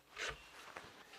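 An Onnais Defender Pro trigger guard lock is released from a Ruger RXM, a Glock 19-type pistol. A brief rubbing, sliding sound is followed by a sharp click at 0.8 s as the lock releases with no problem.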